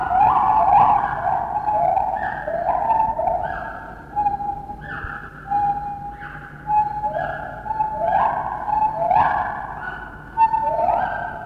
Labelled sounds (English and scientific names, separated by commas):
Lar Gibbon (Hylobates lar)